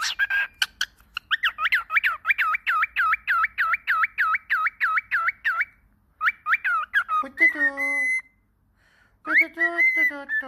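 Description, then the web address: Cockatiel chirps: a long, rapid string of looping chirps about three per second, then lower, buzzy harmonic notes and a final whistled phrase. Lotino (lutino) cockatiel. "Voice lotino Cockatiel"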